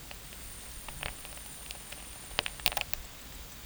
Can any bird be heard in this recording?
no